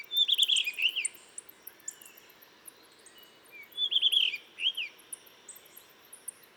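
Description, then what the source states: Blue rock thrush song: two rich warbled phrases of looping notes a few seconds apart, with scattered high ticks and faint chirps around them. On a cliff in the Dentelles de Montmirail, 12 March 2020, 7:25; sings all morning to mark territory, changing perches; Nagra seven with Telinga pro7.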